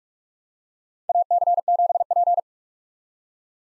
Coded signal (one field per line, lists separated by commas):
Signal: Morse code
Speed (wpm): 42 wpm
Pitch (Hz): 700 Hz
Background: none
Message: AC7P